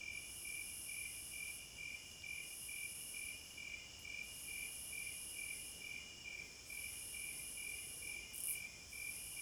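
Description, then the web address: Cricket chorus of rapid, regular high chirps, overlaid by a thin shrill buzz that switches on and off. Forest at night. "Hypnotizing Forest- Wolves, Crickets, Owls and Singing Birds Midnight Concert"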